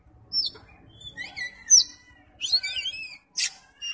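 Oriental magpie-robin song of scattered sharp whistles and rising chirps, ending in a fast buzzy twittering burst and a few quick notes.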